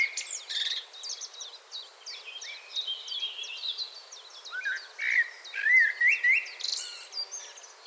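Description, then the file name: Common blackbird producing scattered whistled and twittering phrases, richer fluting notes toward the end, among repeated high chirps. "Turdus merula"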